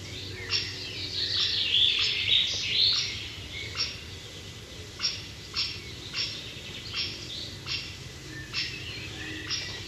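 Great spotted woodpecker giving sharp, short 'kik' notes, first among other birds' warbling song, then repeated roughly twice a second in a steady series.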